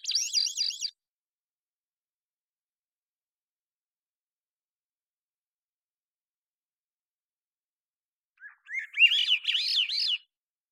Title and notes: Swainson's Thrush, Catharus ustulatus, long take of a single male Swainson's Thrush singing, natural pace and rhythm maintained, Recorded in the beautiful Pacific Northwest, Washington, United States